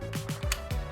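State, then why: Seated. A gate latch is pushed home into its catch after the gate has been closed by hand. Several soft thumps sound over a steady low hum, and a sharp click at 0.5 s shows the latch has seated.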